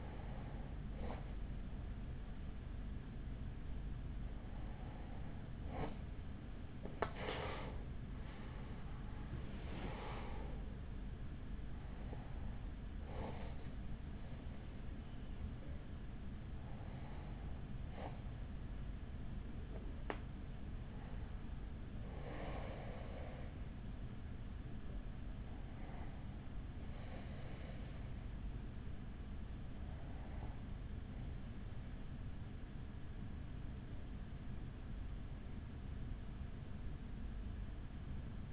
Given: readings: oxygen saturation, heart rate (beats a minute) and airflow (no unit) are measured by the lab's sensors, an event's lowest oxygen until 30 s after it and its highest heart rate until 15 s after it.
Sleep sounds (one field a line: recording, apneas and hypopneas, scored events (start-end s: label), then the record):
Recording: breathing in sleep by a smartphone at the bedside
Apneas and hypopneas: none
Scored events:
none scored
From the record:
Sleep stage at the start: REM sleep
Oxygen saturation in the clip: 92 to 95%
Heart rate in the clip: 45 to 62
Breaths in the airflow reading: 8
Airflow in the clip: -6.6 to 7.5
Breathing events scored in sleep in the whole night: 207 in 7.6 hours asleep